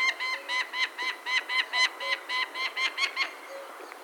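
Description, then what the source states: Peregrine falcon calling in a fast run of grating, ringing kek notes, with a few soft low tones behind. Recorded 6 May 2013 at 13:10.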